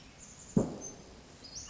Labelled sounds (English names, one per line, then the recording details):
Western Flycatcher
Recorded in Sonoma County, California